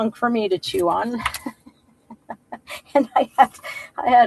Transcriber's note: laughs